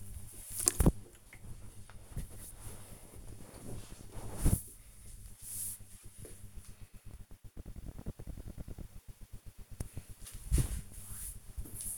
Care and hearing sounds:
household activities, microphone on the right wrist
none

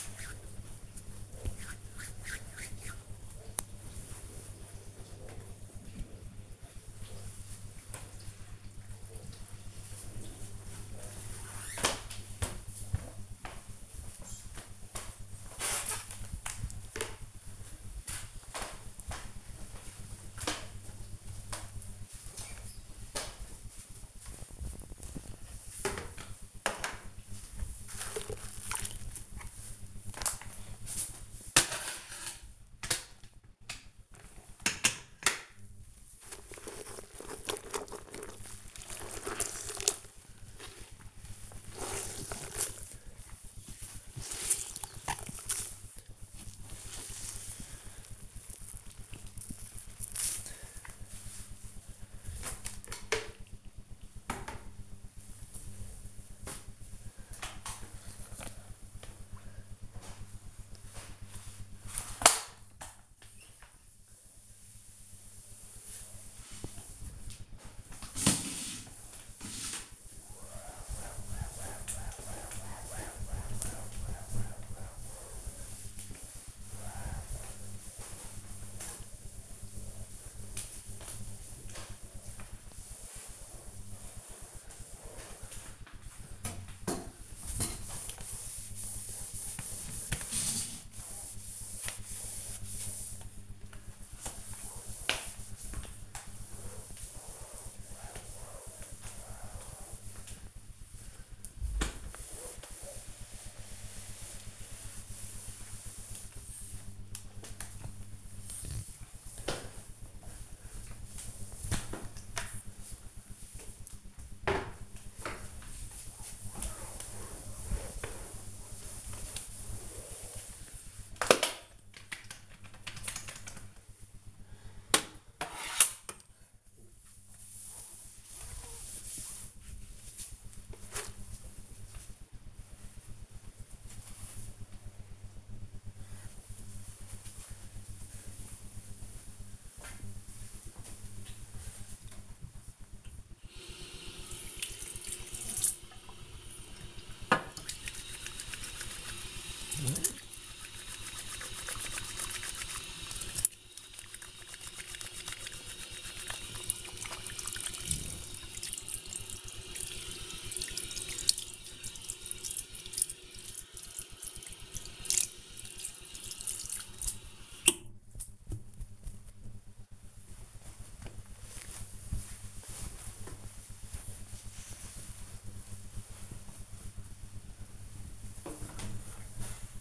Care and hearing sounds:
household activities, microphone on the right wrist
0.00-4.43 s: cream hands
16.52-130.44 s: floor cleaning
141.55-168.80 s: washing hands

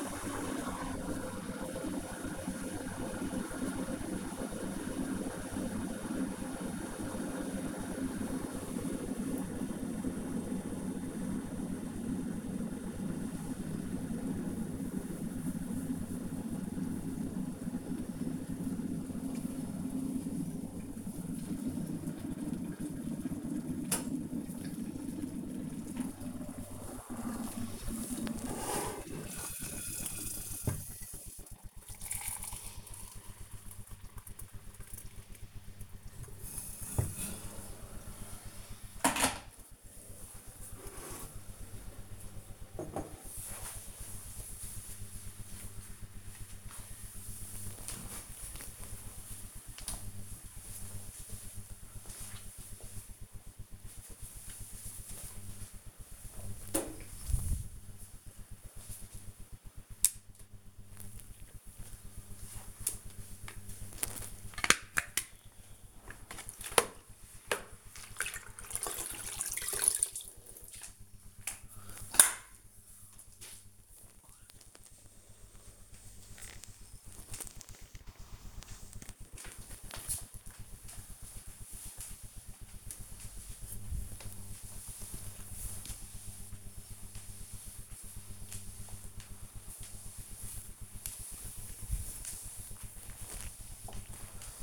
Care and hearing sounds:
household activities, microphone on the right wrist
0.00-41.57 s: making tea
59.70-94.63 s: floor cleaning

